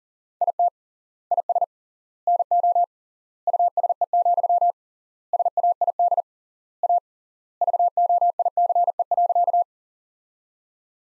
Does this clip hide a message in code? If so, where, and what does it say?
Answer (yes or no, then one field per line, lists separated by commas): yes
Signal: Morse code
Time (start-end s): 0.4-9.6 s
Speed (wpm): 37 wpm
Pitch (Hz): 700 Hz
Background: none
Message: IT IS NO USE, SAID A VOICE.